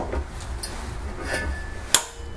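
A torque wrench set to 70 ft-lb tightens a large trailer hitch mounting nut on a Fiat 500 Abarth, with low rumbling and faint ratcheting as it is pulled. A sharp click at 1.9 s shows the wrench reaching its setting. Someone talks.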